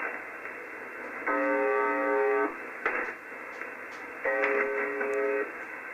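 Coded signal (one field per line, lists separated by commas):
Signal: numbers station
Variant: UVB-76 (The Buzzer)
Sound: two harsh, low buzzes about 1.2 seconds each, three seconds apart, over radio static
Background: radio static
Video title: UVB-76, "The Buzzer", 4625 kHz, Encrypted transmission in Russian, UTC 2015-10-29 17:17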